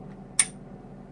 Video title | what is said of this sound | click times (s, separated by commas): WHAMMY: Glock talk | grabbed it like this here and pull this back just enough you'll hear it click when you | 0.4 s